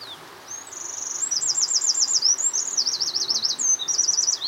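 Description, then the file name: Eurasian wren song, a loud high-pitched run of rapid trills and rattles, each section a fast repeated note, delivered without pause for about four seconds. "Troglodytes troglodytes"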